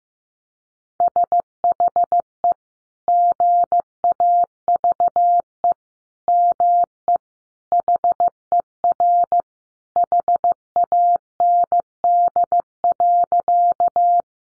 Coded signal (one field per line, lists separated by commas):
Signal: Morse code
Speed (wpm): 15 wpm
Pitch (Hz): 700 Hz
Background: none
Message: SHE GAVE ME HER HAND.